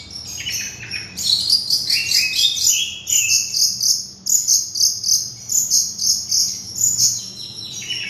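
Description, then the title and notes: Oriental magpie-robin song: a varied run of high whistled and chirping notes, some with sliding tones, delivered in quick bursts with a faint low hum beneath. "Kicau Kacer. manukmanukan"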